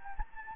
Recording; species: mosquito wingbeat signal from an infrared sensor; Anopheles gambiae